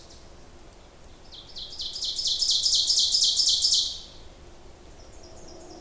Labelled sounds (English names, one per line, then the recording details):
Ovenbird song
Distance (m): 15 m
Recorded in boreal forest in Alberta, Canada, on 26 May 2016 at 07:14
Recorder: SongMeter 3, array SBT-3-15
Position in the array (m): 41 m, 274 m
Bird 20